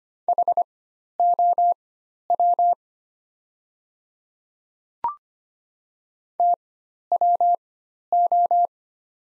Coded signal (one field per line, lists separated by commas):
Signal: Morse code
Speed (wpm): 25 wpm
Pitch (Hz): 700 Hz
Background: none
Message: HOW TWO